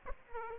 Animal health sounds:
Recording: mosquito wingbeat signal from an infrared sensor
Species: Aedes aegypti

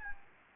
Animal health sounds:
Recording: mosquito wingbeat signal from an infrared sensor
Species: Anopheles gambiae

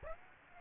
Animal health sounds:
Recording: mosquito wingbeat signal from an infrared sensor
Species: Aedes aegypti

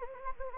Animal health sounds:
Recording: mosquito wingbeat signal from an infrared sensor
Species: Anopheles gambiae

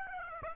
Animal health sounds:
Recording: mosquito wingbeat signal from an infrared sensor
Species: Aedes aegypti

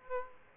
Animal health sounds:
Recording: mosquito wingbeat signal from an infrared sensor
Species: Aedes aegypti

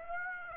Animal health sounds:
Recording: mosquito wingbeat signal from an infrared sensor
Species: Aedes aegypti

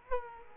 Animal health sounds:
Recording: mosquito wingbeat signal from an infrared sensor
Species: Culex quinquefasciatus

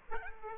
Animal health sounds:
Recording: mosquito wingbeat signal from an infrared sensor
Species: Aedes aegypti

